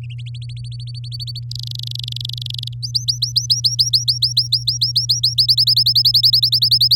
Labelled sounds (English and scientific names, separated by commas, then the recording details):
Domestic Canary (Serinus canaria) song
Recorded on 9 May 2018 at 13:29
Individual llb16